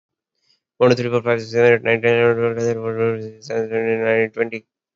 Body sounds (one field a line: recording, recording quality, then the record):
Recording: counting at a fast pace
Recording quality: poor, much background noise or distortion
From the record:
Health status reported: healthy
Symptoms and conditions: none ticked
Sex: male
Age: 26 years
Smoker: not ticked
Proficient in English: yes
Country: India